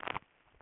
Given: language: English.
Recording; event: throat vibration sensor signal played as sound; swallow